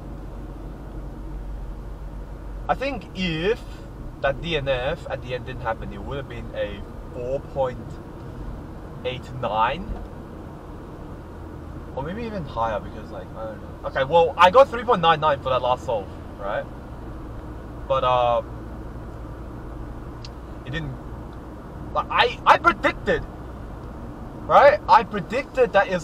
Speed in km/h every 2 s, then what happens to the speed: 48, 48, 48, 50, 54, 56, 58, 59, 62, 63, 64, 66, 68.
4-17 speeds up to 63. 17-26 steady at about 64.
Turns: none.